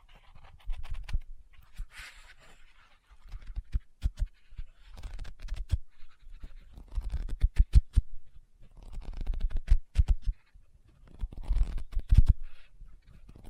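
A book being handled, with sharp taps and scratching strokes on its cover coming in quick clusters across the whole fourteen seconds. Bursts of rapid tapping cluster around the middle and near the end, separated by brief pauses, and a soft rustle around two seconds may be a page turning.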